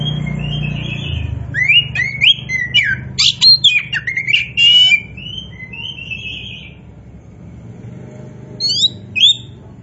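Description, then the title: Oriental magpie-robin delivering a burst of varied whistles and harsh rasping notes, then a pause before a final pair of high whistled phrases. Poci form of the bird, described as gacor, singing continuously and vigorously. "Kacer Poci"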